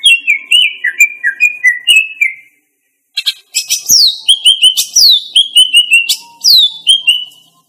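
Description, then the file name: Greater green leafbird song: a series of lower warbled whistles, a short pause, then quick high downslurred notes strung together. Female bird. "cucak ijo betina"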